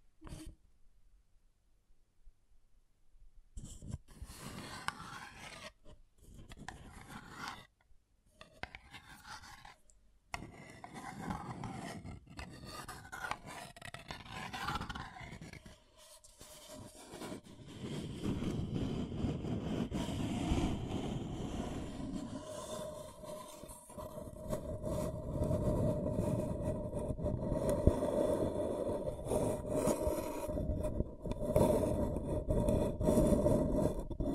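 Scratching and tracing sounds begin after about four seconds of near silence, coming in short scraping strokes with brief gaps. From around sixteen seconds the scraping turns continuous and denser, with a low rumble and a steady mid-pitched tone running beneath it to the end.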